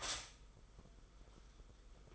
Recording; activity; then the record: daily activity, microphone in the room; stop toaster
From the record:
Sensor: 5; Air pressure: 990.9 hPa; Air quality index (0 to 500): 145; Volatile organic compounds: 128 ppm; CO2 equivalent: 3915 ppm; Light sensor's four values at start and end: 37/115/44/47 and 37/115/44/47